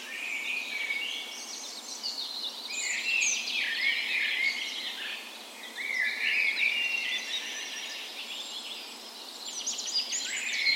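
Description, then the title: Chorus of birds at daybreak, overlapping warbled phrases and sharp chirps rising and falling in waves. Dawn chorus on the morning of 17 May, Norway's National Day, in a park west in Bergen, Norway, in spring; Sony PCM A10 recorder with LOM micro Usi mics as tree ears. "17th Of May Dawn Chorus"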